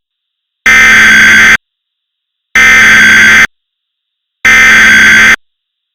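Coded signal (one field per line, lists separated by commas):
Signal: Emergency Alert System (SAME) tones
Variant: header bursts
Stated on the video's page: Fictional California earthquake EAS scenario as it would sound on radio, with valid tones.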